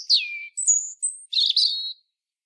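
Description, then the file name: European robin song fragment: a falling thin whistle, two very high sustained notes, then a brief scratchy twittering burst, all in quiet surroundings. "Erithacus rubecula"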